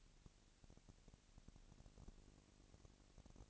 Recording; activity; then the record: daily activity, microphone in the room; no activity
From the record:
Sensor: 4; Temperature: 22.4 degrees Celsius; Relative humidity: 31.9%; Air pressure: 997.9 hPa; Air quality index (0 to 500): 203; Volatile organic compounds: 17 ppm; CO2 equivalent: 2570 ppm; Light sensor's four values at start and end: 2/3/1/1 and 2/3/1/1